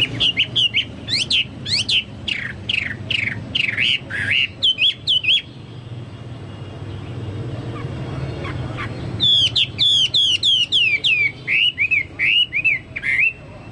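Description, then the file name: Chinese hwamei singing loud rapid whistled phrases, falling slurred notes in bursts, a quiet pause, then another vigorous burst of whistles. "hwamei-2-omkicau"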